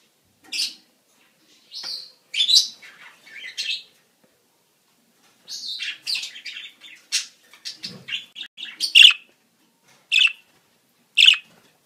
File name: Budgie Sounds